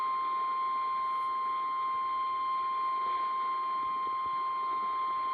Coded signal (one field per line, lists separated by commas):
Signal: Emergency Alert System (SAME) tones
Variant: 1050 Hz attention tone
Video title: SVR on WLAC (EAS 342)